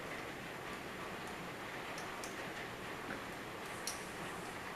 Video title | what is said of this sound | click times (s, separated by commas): Will It Run??? Getting The 1978 316K Engine Put Back Together Part 2 of 3 | you want to go till you hear it quick click | 3.9 s